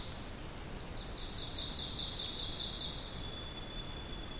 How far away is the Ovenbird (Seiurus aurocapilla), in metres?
about 40 m